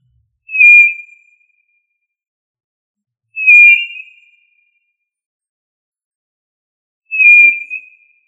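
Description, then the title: Tinamou whistled call: three clean, level-to-falling notes with a soft fading tail, spaced roughly three to four seconds apart in an otherwise quiet background. "Familia Tinamidae - Quail - Puyuh"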